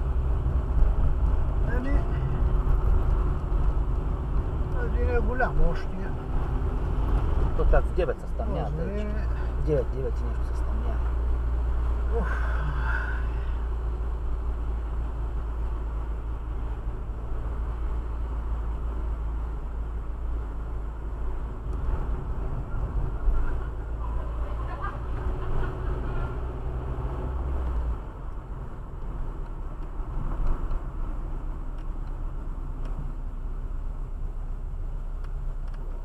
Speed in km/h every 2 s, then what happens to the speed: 27, 30, 30, 35, 34, 35, 34, 33, 33, 33, 32, 33, 34, 38, 39, 33, 23, 14.
0-6 speeds up to 35. 6-21 steady at about 33. 21-28 speeds up to 39. 28-36 brakes to 14.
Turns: none.